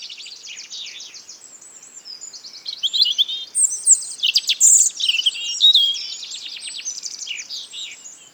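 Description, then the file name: European robin pouring out a dense, tumbling song of high trills and sparkling twittered notes that grows louder in the middle before fading. "Erithacus rubecula"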